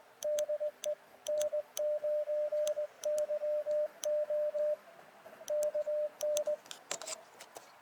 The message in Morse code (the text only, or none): DE N9YO KN